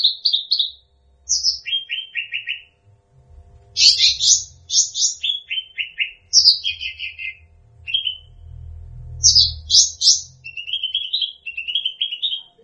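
Bird song with varied bursts: high buzzy notes, descending trills and rapid chattering phrases, repeated with short pauses; low rumbling background.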